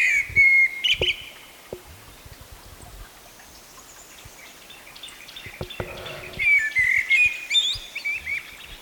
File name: Turdus merula